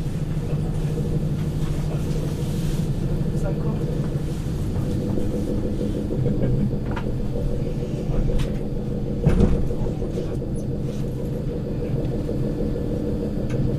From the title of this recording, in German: Zugfahrt in der Nacht